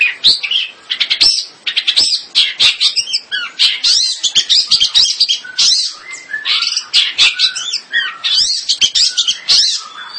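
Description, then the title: Long-tailed shrike song, a continuous loud stream of scratchy chatter, sharp chirps and warbled whistles with hardly any pause throughout. "Kicau Burung Pentet"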